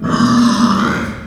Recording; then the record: squeal of a Yucatan mini pig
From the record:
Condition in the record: after surgery on the right vocal fold (resection and tissue-engineered implant); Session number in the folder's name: 12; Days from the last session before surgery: 105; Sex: female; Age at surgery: 19 weeks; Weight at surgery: 25 kg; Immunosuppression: prednisolone